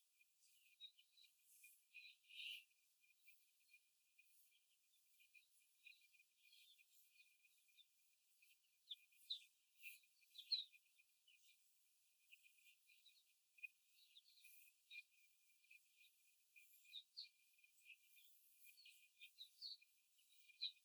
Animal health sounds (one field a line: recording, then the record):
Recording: young laying hens in a cage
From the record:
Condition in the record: before the stressor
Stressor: simulated dog barking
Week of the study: 4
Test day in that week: 1